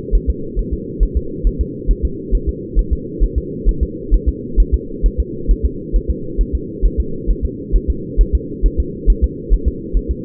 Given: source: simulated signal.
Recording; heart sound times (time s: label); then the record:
fetal heart sounds
0.15 s: S1
0.30 s: S2
0.59 s: S1
0.73 s: S2
1.03 s: S1
1.17 s: S2
1.47 s: S1
1.61 s: S2
1.91 s: S1
2.05 s: S2
2.35 s: S1
2.49 s: S2
2.79 s: S1
2.93 s: S2
3.24 s: S1
3.38 s: S2
3.69 s: S1
3.83 s: S2
4.14 s: S1
4.29 s: S2
4.60 s: S1
4.74 s: S2
5.06 s: S1
5.20 s: S2
5.51 s: S1
5.66 s: S2
5.96 s: S1
6.10 s: S2
6.41 s: S1
6.55 s: S2
6.86 s: S1
7.00 s: S2
7.30 s: S1
7.45 s: S2
7.76 s: S1
7.90 s: S2
8.21 s: S1
8.35 s: S2
8.66 s: S1
8.80 s: S2
9.10 s: S1
9.24 s: S2
9.54 s: S1
9.68 s: S2
9.97 s: S1
10.11 s: S2
From the record:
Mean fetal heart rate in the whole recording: 135 bpm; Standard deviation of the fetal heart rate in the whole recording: 3 bpm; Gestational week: 36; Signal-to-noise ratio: -4.3 dB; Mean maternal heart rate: 72 bpm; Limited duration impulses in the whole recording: absent